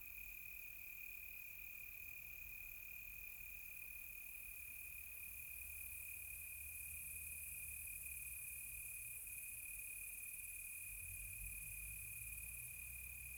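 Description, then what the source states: Crickets sing a constant, piercing trill throughout, with a faint low rumble in the background. Close crickets on a quiet tropical night.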